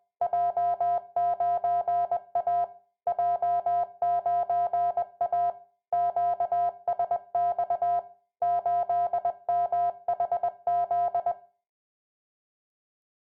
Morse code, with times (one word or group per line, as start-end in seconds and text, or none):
0.2-2.6 J9A
3.1-5.5 J9A
5.9-8.0 QSX
8.4-11.3 8MHZ